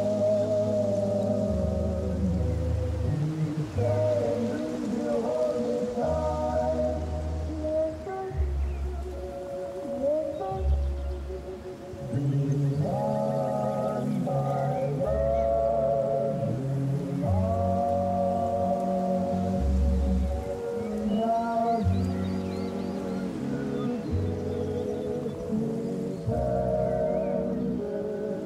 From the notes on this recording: An open cabin door plays music from inside, some background birds